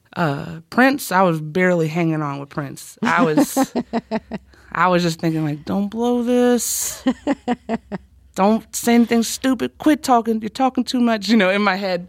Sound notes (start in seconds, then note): 3.0 laughter; 7.0 laughter